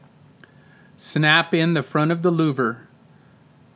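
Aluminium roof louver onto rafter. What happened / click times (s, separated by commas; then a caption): The louver snapped onto its support / 0.4 s. The front of an extruded aluminium roof louver is snapped onto a rafter, giving a single sharp click at 0.4 s that seats and secures it. Someone then talks.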